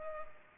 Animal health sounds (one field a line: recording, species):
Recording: mosquito wingbeat signal from an infrared sensor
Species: Culex pipiens